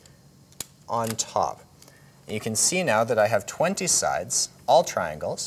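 A triangular corner piece is placed on top of an icosahedron model built from snap-together triangular pieces and snaps into place with a sharp click at 0.6 s, completing the 20-sided solid. Someone then talks.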